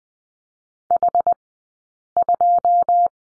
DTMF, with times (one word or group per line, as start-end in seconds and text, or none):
none